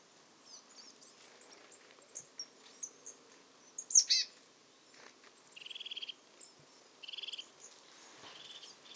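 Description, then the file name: Marsh tit calls: a loud, sharp downslurred note, then two short runs of buzzy, nasal notes a second or so apart, over faint background chirping. "Poecile palustris"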